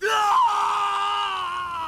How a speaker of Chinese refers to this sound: 空气中顿时充满了塞德里克的尖叫。